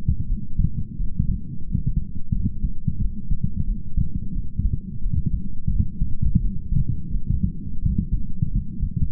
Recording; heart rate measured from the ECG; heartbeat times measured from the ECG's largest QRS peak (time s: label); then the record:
heart sounds by stethoscope; 87 bpm
0.30 s: heartbeat
1.00 s: heartbeat
1.68 s: heartbeat
2.35 s: heartbeat
3.02 s: heartbeat
3.68 s: heartbeat
4.36 s: heartbeat
5.04 s: heartbeat
5.72 s: heartbeat
6.42 s: heartbeat
7.13 s: heartbeat
7.84 s: heartbeat
8.53 s: heartbeat
From the record:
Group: healthy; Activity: light exercise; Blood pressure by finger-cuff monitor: 129/63 mmHg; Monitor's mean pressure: 82 mmHg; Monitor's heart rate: 86 bpm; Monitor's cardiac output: 8.7 L/min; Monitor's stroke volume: 101 mL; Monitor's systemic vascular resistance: 630 dyn s/cm5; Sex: male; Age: 22 years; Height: 181 cm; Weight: 79 kg